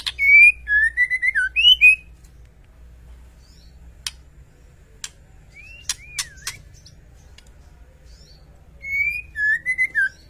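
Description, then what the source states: White-rumped shama song: a fluty whistled phrase, a pause with scattered sharp clicks and a looping whistle, then another rich whistled phrase at the end. Masteran training track for cage birds; song described as full rolling and firing.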